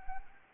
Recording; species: mosquito wingbeat signal from an infrared sensor; Anopheles arabiensis